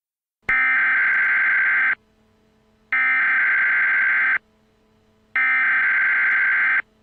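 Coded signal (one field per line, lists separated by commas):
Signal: Emergency Alert System (SAME) tones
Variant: header bursts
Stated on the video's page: Simulated mock alert made for fun.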